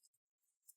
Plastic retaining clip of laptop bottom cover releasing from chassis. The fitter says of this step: You feel like it's just clicking. Those are the clip.